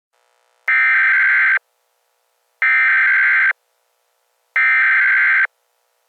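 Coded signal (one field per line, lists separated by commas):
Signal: Emergency Alert System (SAME) tones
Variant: header bursts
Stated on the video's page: Simulated hurricane warning EAS alert, made in Vegas Pro 14.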